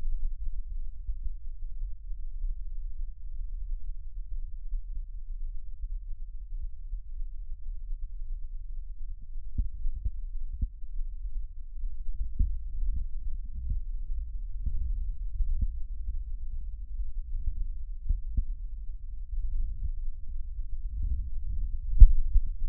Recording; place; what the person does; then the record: lung sounds by stethoscope; right posterior apical chest; quiet breathing, then deep breathing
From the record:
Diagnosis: interstitial lung disease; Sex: male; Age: 82 years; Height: 158 cm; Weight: 49 kg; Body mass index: 19.6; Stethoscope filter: bell mode